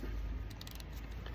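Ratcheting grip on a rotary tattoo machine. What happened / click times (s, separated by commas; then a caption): The ratcheting grip clicked tight onto the machine / 0.5 s, 0.6 s, 0.7 s, 0.8 s, 1.3 s. A ratcheting click-type grip is turned and tightened onto a rotary tattoo machine. It gives a series of short, sharp ratchet clicks at about 0.5, 0.6, 0.7, 0.8, 0.8 and 1.3 seconds over a steady low background hum. The grip ends up seated and secure on the machine.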